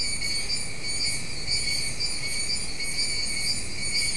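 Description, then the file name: Insects trilling in a dense, steady chorus of high buzzing bands that pulse softly about twice a second, with a low rumbling background. "mainly insect"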